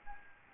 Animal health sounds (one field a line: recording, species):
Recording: mosquito wingbeat signal from an infrared sensor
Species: Aedes albopictus